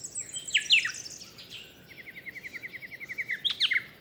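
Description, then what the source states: Yellow-faced Honeyeater awakening song in a dawn chorus, a fast even run of short chipping notes after sharp falling whistles. Awakening song at daybreak, start of a dawn chorus, ocean in the distance; Booderee National Park, south-east coast of Australia, 27 November 2015; cardioid microphone.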